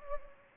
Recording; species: mosquito wingbeat signal from an infrared sensor; Anopheles gambiae